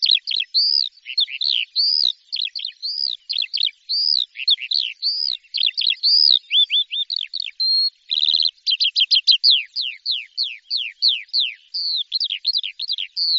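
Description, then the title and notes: Bird song of varied high whistled phrases and quick downslurred sweeps, delivered steadily for the whole stretch, with a short buzzy note near the middle. "Bird Sound. Kicau Burung Lengkap"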